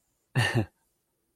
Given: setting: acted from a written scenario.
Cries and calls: vocal sound without words; pride

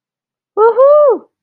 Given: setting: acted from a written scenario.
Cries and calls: vocal sound without words; elation

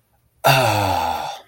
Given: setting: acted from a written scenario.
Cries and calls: vocal sound without words; ecstasy

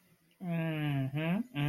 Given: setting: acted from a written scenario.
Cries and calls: vocal sound without words; interest

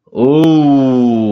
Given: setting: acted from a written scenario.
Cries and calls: vocal sound without words; awe

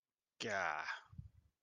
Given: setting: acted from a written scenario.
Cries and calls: vocal sound without words; sadness

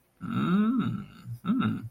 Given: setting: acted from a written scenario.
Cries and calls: vocal sound without words; desire

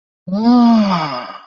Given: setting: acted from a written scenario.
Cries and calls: vocal sound without words; desire

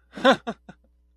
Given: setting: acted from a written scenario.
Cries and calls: vocal sound without words; amusement

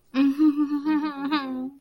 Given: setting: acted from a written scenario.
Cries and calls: vocal sound without words; guilt

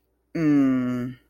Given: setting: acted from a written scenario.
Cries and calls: vocal sound without words; contempt

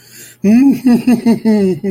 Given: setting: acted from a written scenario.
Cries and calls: vocal sound without words; ecstasy

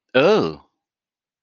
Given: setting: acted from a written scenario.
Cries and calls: vocal sound without words; negative surprise

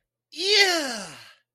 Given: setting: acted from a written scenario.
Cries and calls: vocal sound without words; triumph

